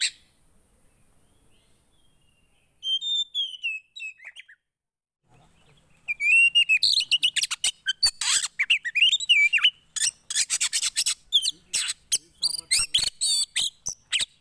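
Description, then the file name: Oriental magpie-robin: songbird phrase of whistled notes, then a long dense stretch of rapid scratchy chatter, rasping sounds and clicks. Song played to provoke a caged Oriental magpie-robin into an excited response. "Burung kacer anda langsung emosi dengar ini"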